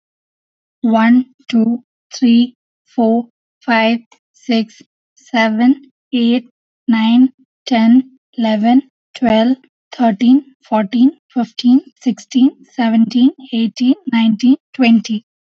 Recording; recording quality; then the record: counting at a normal pace; excellent, no background noise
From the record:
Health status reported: healthy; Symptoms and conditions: cough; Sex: female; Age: 30 years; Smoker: not ticked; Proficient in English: yes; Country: India